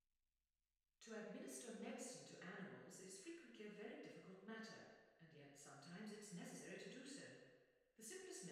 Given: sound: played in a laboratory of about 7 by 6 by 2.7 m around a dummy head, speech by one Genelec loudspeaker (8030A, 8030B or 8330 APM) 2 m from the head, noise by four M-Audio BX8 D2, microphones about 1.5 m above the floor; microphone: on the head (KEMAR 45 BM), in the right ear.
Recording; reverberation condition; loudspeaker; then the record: female speech in English; high; 30 degrees to the left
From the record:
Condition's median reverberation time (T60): about 1300 ms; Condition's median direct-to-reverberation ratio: about -4.0 dB